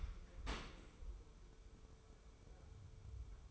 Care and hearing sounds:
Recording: daily activity, microphone in the room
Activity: open dishwasher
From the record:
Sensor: 1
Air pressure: 1015.0 hPa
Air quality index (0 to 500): 25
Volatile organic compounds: 0 ppm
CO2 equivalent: 500 ppm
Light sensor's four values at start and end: 13/30/12/13 and 13/30/12/13

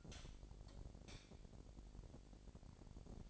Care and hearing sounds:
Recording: daily activity, microphone in the room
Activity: light off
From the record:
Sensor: 5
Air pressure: 1012.0 hPa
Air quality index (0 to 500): 246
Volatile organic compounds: 4 ppm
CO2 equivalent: 1702 ppm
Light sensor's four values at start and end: 42/99/41/44 and 41/94/39/42

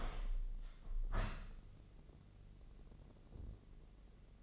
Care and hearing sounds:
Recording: daily activity, microphone in the room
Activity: open window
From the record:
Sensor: 4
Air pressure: 1013.3 hPa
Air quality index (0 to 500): 172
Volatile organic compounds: 2 ppm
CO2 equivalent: 1083 ppm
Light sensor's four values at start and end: 68/169/70/72 and 62/154/64/67

